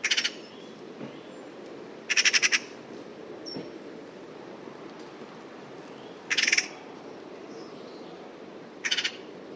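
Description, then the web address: Bird calls: four short, harsh pulsed bursts spaced a few seconds apart, with faint high thin notes between them over a steady hiss. Call written as 'pi pi pi pi'. "Bird Only More Classes Pi Pi Pi Pi"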